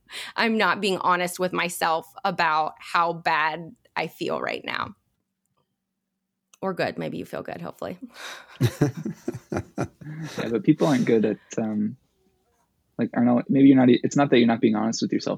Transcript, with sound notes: I'm not being honest with myself about how bad I feel right now. Or good. Maybe you feel good, hopefully. (laugh)
People aren't good at, um like, I don't know, maybe you're not, it's not that you're not being honest with yourself.